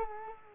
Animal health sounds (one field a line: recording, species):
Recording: mosquito wingbeat signal from an infrared sensor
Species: Culex quinquefasciatus